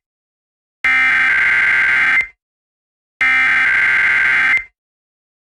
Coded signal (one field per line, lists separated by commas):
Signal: Emergency Alert System (SAME) tones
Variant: header bursts